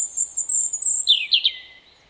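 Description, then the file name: European robin song fragment: a thin, high sustained whistle followed by a few quick descending notes that fade out. "Erithacus rubecula"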